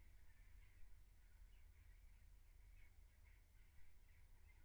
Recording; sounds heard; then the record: poultry house recording; no chicken sound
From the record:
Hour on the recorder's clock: 15